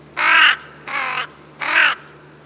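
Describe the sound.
Crow cawing, three harsh, broad caws, evenly spaced, over a faint steady hum.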